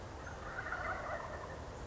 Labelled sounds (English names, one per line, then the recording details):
Wild Turkey
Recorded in Sonoma County, California